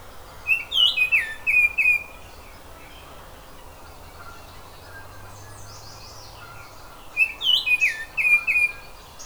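Oriole song in two bursts of rich whistled, warbling notes, the second coming several seconds after the first.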